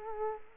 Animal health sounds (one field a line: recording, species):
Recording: mosquito wingbeat signal from an infrared sensor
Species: Culex quinquefasciatus